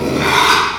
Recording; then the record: squeal of a Yucatan mini pig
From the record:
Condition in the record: after surgery on the right vocal fold (resection and tissue-engineered implant); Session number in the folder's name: 1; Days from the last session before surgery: 6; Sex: male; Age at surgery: 12 weeks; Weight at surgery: 13 kg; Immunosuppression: cyclosporine, prednisolone